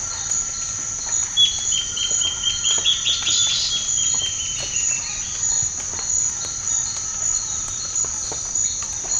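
Bird giving a long, thin whistled call that slides gently downward for about three seconds, over a constant high insect drone and scattered clicking.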